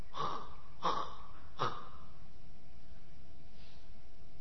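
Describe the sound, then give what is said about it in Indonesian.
A voice imitates a dying person's snoring-like death rattle with three harsh, rasping, gurgling breaths in quick succession, each short and throaty, followed by near silence. “Ya, apalagi ketika gara-gara itu nyawa sedang di kerongkongan seperti orang apa ya ngorok.”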